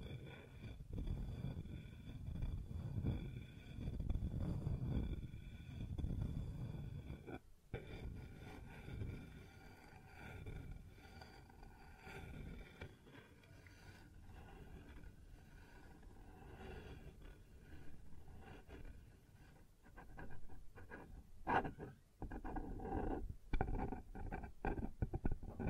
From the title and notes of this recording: ASMR Sounds on Wooden Surface (No Talking).